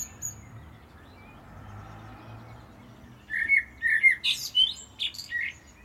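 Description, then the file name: Common blackbird singing after three seconds of quiet: mellow whistled notes running into a scratchy, high-pitched twittering flourish. "Turdus merula"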